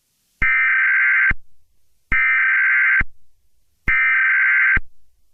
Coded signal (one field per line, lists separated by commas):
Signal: Emergency Alert System (SAME) tones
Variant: header bursts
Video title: Total Meltdown 3: The National Disaster (EAS Scenario)